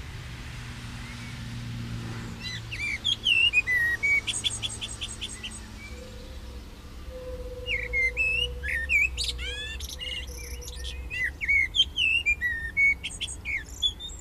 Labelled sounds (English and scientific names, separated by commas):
Common Blackbird (Turdus merula) song